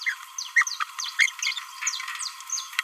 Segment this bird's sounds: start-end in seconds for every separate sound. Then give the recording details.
0.56-0.65, 0.81-0.83, 1.19-1.29. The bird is a male. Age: 29 days. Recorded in a nest box in Venezuela. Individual 17B31A1